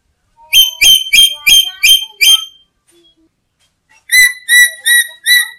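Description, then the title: Black-capped lory uttering a rapid series of six harsh, ringing whistles, a short pause, then four more; a faint low tone sounds near the start. "Nuri merah kepala hitam"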